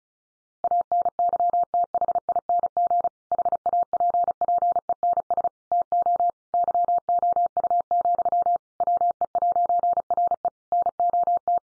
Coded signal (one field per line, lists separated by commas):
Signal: Morse code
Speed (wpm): 34 wpm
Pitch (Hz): 700 Hz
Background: none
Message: ANYTHING HAPPENS TO YOU, WE'RE NOT